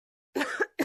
Middle Age Woman Coughing.